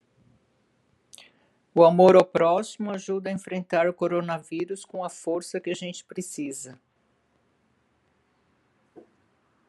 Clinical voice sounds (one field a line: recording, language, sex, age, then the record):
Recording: spoken sentence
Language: Brazilian Portuguese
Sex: female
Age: 70 to 79 years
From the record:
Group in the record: control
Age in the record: 70 years